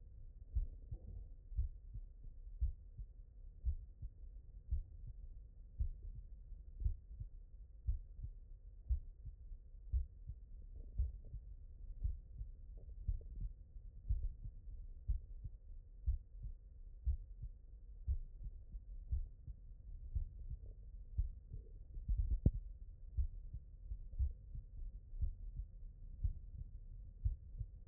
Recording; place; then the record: heart sounds by stethoscope; mitral valve (MV)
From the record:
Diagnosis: non-HFrEF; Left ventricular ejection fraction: 59%